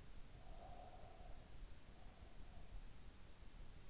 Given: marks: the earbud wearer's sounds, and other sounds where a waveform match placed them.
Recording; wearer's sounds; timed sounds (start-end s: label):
sounds in sleep by an in-ear microphone; breath
0.34-3.30 s: breath